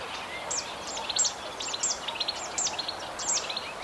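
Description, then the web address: European goldfinch song: sharp, high metallic notes and short twitters repeated in quick groups over a constant low rushing background. "Jilguero europeo"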